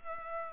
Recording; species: mosquito wingbeat signal from an infrared sensor; Culex pipiens